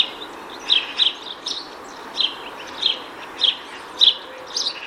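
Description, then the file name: House sparrow calls, a series of sharp chirps, some paired, spaced unevenly roughly every half second to second over steady background hiss. "Passer domesticus"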